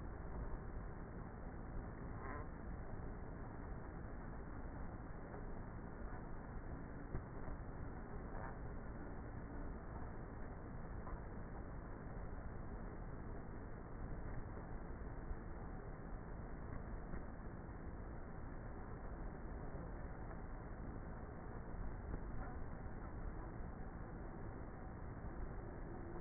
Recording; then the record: honeybee colony, microphone inside the hive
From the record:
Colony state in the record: queenless with a low population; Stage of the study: before two queens were removed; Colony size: about 30,000 bees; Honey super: no